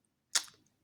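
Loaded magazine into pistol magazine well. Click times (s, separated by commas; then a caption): 0.4 s. A fully loaded 10-round magazine is slapped hard into the magazine well in the grip of a Smith & Wesson M&P 40C compact pistol, because when full it needs an extra-hard slap and does not just click in. A loud, sharp, bright hit at 0.4 s seats the magazine, decaying over about 0.2 s, with a faint tick at 0.7 s.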